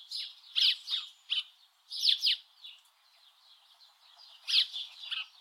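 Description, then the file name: House Sparrow calling with loud, sharp chirps in short clusters, separated by quieter stretches of soft twittering. "Passer domesticus"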